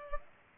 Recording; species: mosquito wingbeat signal from an infrared sensor; Culex pipiens